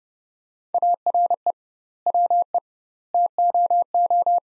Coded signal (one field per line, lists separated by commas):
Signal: Morse code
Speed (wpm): 28 wpm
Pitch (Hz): 700 Hz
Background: none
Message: ARE WE TOO